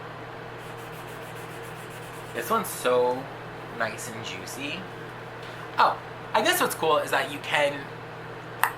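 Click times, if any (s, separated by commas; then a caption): 8.6 s. Someone talks over a steady low hum, then the cap of a plastic alcohol marker is posted onto the opposite end of the marker, which helps avoid losing the cap. It snaps into place with a sharp tick at 8.6 s, and the cap is seated.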